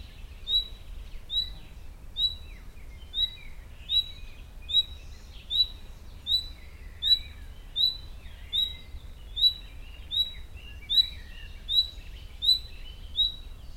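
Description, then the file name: Common nightingale calling: a short, high, rising note repeated steadily a little more than once a second, over a faint low rumble. "Luscinia megarhynchos"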